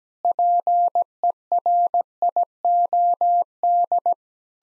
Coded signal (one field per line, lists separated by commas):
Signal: Morse code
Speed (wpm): 17 wpm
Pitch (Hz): 700 Hz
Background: none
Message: PERIOD